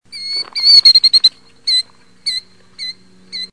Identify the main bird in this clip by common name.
Killdeer